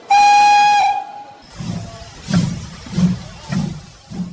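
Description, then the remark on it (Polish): A loud, steady steam locomotive whistle sounds for about a second as the train departs, then gives way to the slow, rhythmic chuffing of the engine starting off, with five hissing puffs at even intervals. “Siadać proszę! Odjazd!”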